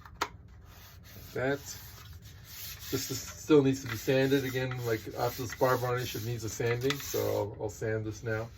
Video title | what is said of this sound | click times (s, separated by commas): Thermal Hunter build log part 17 | it's got magnets on both sides so it just snaps into place like | 0.2 s